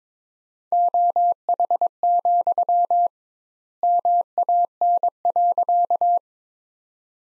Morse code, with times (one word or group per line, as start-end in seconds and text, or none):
0.7-3.1 OH,
3.8-6.2 MAN.